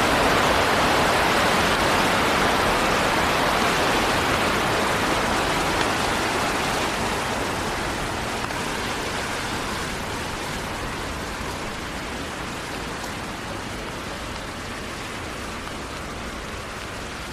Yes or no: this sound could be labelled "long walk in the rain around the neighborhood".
yes